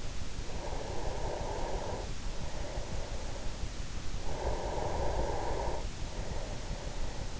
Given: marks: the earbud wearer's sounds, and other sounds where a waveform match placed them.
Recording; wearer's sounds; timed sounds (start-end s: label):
sounds in sleep by an in-ear microphone; breath
0.33-3.85 s: breath
4.26-7.40 s: breath